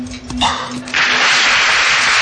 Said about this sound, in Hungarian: Megelőlegezzük a tapsot a fiúknak. Megelőlegezzük nekik, nem sokára itt a himnusz.